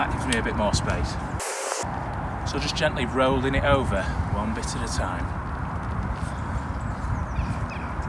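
Someone talks while a bicycle tyre bead is gently rolled over the wheel rim by hand, one section at a time, against steady background noise. The bead has not popped into place yet, and no click is heard.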